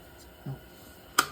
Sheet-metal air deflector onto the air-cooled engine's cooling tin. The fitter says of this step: they go like that click in place